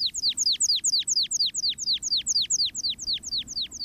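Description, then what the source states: American pipit song: a long, steady series of sharp, high descending notes given in a continuous torrent. Hovers overhead and trills a long torrent of notes in the open, rocky alpine zone of western mountains.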